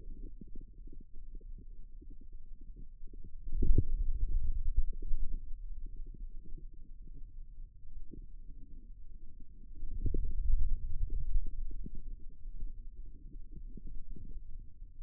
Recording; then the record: forearm muscle sounds (acoustic myography)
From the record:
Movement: ulnar deviation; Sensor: system 2, bracelet of six BSWA MPA416 microphones around the upper forearm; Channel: 4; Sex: male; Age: 22 years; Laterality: right